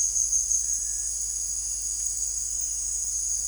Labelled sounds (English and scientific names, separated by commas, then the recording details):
none
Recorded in secondary vegetation near Puerto Asís, Putumayo, Colombia, on 20 December 2024 at 17:30
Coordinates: 0.484, -76.319
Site GP06